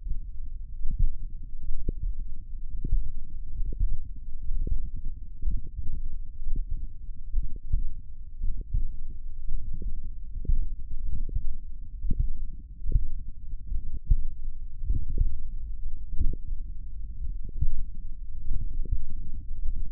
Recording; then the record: forearm muscle sounds (acoustic myography)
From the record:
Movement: finger pinch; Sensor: system 1, eight BSWA MPA416 microphones around the upper forearm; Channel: 8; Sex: male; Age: 42 years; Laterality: right